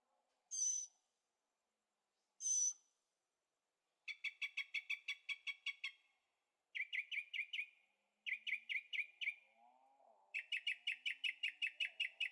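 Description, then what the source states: Bird song: two high, sharp whistled notes, then rapid trilled series of short notes at mid-high pitch, repeated in several bursts; a faint low rumble underneath. Birds singing at night in Carefree, Arizona, with an occasional distant motorcycle; recorded in stereo on a Zoom H6.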